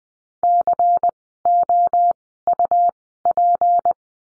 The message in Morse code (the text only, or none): COUP